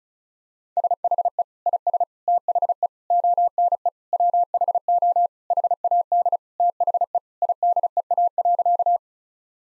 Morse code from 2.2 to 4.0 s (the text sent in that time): THE ONE